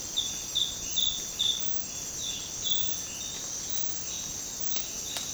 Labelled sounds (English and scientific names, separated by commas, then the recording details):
none
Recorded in secondary vegetation near Puerto Asís, Putumayo, Colombia, on 25 June 2025 at 06:00
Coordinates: 0.484, -76.319
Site G074